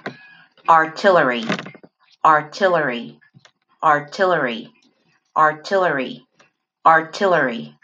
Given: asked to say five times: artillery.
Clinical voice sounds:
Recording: repeated word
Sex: female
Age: 20 to 29 years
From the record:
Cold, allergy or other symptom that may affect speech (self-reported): no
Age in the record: 28 years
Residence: North Carolina, United States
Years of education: 8

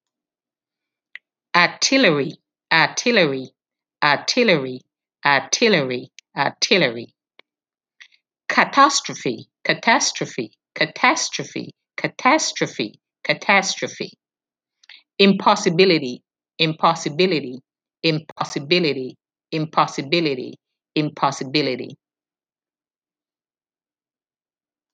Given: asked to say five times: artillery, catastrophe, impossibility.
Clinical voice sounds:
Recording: three words, each repeated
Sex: female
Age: 60 to 69 years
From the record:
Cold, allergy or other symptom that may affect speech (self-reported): no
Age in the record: 60 years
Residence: Virginia, United States

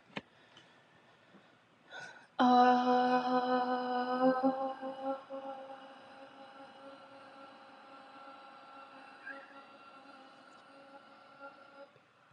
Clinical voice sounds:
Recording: vowel held as long as possible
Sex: female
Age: 20 to 29 years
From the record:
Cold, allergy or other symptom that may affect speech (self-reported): no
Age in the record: 20 years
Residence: Texas, United States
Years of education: 15

